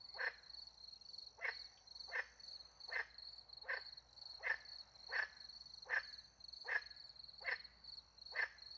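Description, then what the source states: Short frog notes repeated roughly every three-quarters of a second, with a continuous high cricket trill behind them. Frogs with crickets in the countryside at night beside a little pond in France; microphones hidden in a tree, recorded with two Usi Pro microphones into a MixPre-10 II.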